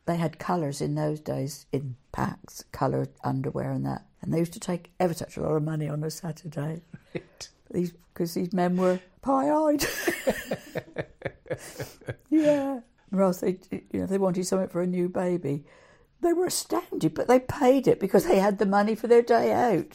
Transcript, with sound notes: they had colours in those days in Packs, coloured underwear and that, and they used to take ever such a lot of money on a Saturday ‘cos these men were pie eyed (laughs) Or else they wanted something for a new baby. They were astounded but they paid it because they had the money for their day out.